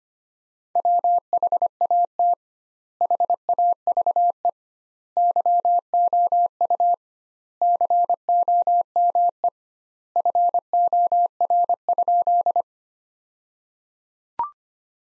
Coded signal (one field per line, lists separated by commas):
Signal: Morse code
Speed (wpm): 25 wpm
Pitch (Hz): 700 Hz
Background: none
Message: WHAT HAVE YOU COME FOR?